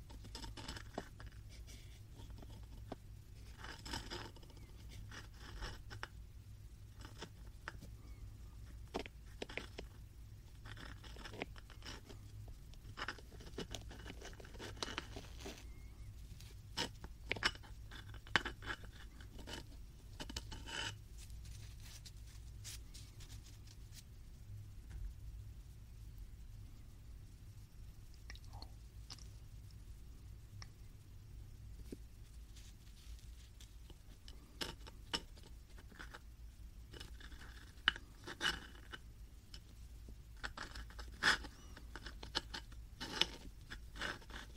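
Dried marshmallows are handled and tapped, making soft, dry crackly taps and rustles that come in irregular clusters throughout. Sharper clicks stand out around 16, 20 and 38 seconds, over a steady low hum that sits underneath the whole time.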